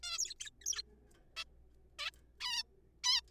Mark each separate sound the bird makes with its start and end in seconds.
0.03-0.18, 0.18-0.34, 0.40-0.50, 0.62-0.66, 0.66-0.82, 1.36-1.44, 1.99-2.10, 2.41-2.63, 3.04-3.21